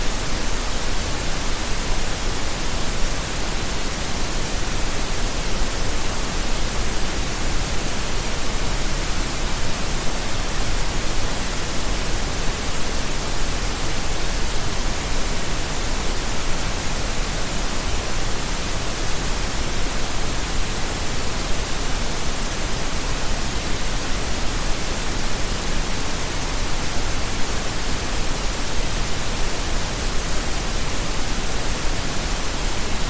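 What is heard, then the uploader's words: A blend of gray and pink noise runs unbroken for the whole stretch, a dense, even hiss layered over a soft low rumble. Nothing rises or falls; the intensity stays constant like wind rushing steadily through a tunnel. Gray and Pink Noise Fusion. It resembles the sound of a wind tunnel, where the wind within the tunnel has a consistent intensity. The gray noise component seems to encompass a wide range of frequencies, from steady-pitched hissing to low, rumbling tones.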